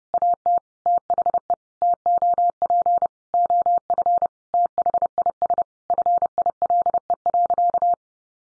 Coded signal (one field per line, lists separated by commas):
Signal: Morse code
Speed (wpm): 28 wpm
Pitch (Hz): 700 Hz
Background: none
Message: AT THE TOP OF THIS FILE.